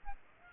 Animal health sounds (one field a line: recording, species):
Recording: mosquito wingbeat signal from an infrared sensor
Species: Aedes aegypti